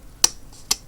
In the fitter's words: in there kind of clicks